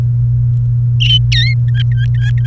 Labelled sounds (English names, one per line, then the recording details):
Domestic Canary song
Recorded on 29 April 2018 at 16:35
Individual llb3